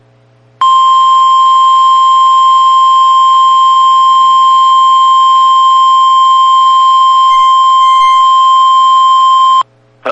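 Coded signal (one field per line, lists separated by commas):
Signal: Emergency Alert System (SAME) tones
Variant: 1050 Hz attention tone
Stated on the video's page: Real Severe Thunderstorm Warnings received from NOAA Weather Radio transmitters in Columbus and Akron, Ohio.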